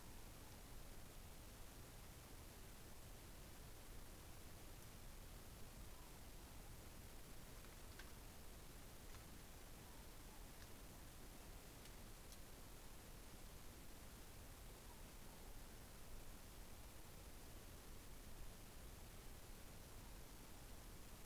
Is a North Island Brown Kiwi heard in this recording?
no